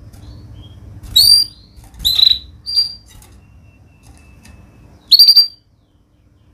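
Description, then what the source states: Canary chirps: a few separate high, slightly sweeping notes, then a pause and another brief burst of bright chirps near the end. Lively, actively singing canary (gacor) in Indonesian songbird-keeping style, with the best cengkok phrasing and most lavish isian fill phrases.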